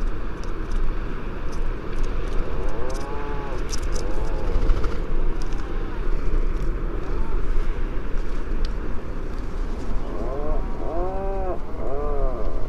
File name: macareux moine - fratercula arctica